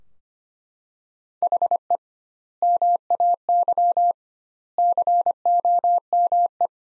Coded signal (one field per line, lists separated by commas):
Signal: Morse code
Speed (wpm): 25 wpm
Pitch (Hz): 700 Hz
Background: none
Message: HE MAY COME